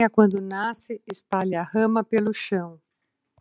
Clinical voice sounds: short text; Brazilian Portuguese; female; 60 to 69 years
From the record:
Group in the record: control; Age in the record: 69 years

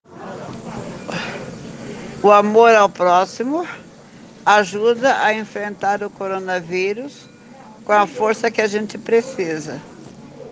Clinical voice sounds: spoken sentence; Brazilian Portuguese; female; 50 to 59 years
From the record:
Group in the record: respiratory insufficiency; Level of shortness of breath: 5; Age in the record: 59 years

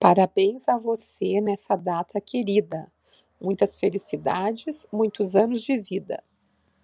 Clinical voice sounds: short text; Brazilian Portuguese; female; 50 to 59 years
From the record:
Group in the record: control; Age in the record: 55 years

